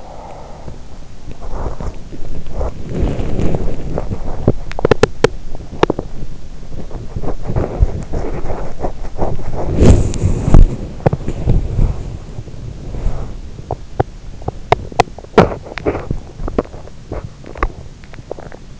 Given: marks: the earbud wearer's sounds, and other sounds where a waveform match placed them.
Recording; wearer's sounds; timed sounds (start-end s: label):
sounds in sleep by an in-ear microphone; breath, body movement, teeth grinding
0.00-1.08 s: breath
1.45-4.57 s: body movement
4.57-6.29 s: teeth grinding
6.29-13.47 s: body movement
13.21-18.80 s: teeth grinding